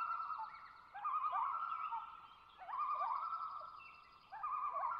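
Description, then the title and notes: Common loon tremolo, a rapid warbling quaver renewed several times. Pair of loons giving tremolo calls, Long Lake, Talkeetna, Alaska; spring night in twilight, boreal taiga lake with white spruce and mosses; 49-61°F, light to no wind; recorded mid-side with MKH8040 and MKH30. "Common Loon - Gavia Immer - pair tremolo. Location: Long Lake, Talkeetna, AK"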